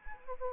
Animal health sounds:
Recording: mosquito wingbeat signal from an infrared sensor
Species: Anopheles arabiensis

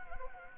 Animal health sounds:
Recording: mosquito wingbeat signal from an infrared sensor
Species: Anopheles gambiae

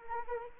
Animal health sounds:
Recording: mosquito wingbeat signal from an infrared sensor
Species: Anopheles arabiensis

